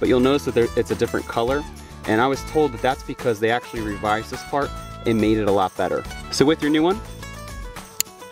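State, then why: Seated. A wiring connector is clipped onto a new, revised, differently colored brake light (stop lamp) switch on a Subaru, while someone talks over background music. A sharp, short click at 8.0 s marks the connector seating on the switch.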